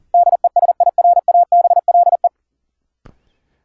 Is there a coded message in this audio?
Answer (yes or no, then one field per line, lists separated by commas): yes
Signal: Morse code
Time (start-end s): 0.1-2.3 s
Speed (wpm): 40 wpm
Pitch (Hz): 700 Hz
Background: none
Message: DESIRABLE